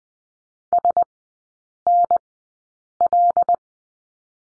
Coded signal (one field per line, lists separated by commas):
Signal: Morse code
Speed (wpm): 19 wpm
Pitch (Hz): 700 Hz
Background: none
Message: SNL